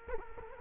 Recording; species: mosquito wingbeat signal from an infrared sensor; Culex quinquefasciatus